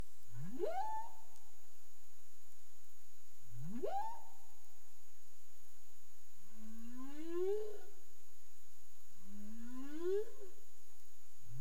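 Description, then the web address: Humpback whale vocal units: two sharp rising whoops followed by two gently ascending moans with rich overtones, evenly spaced over about ten seconds. Recorded on 30 April 2035 at 03:29 UTC. "CARIMAM clean data humpback whale"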